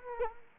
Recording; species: mosquito wingbeat signal from an infrared sensor; Anopheles arabiensis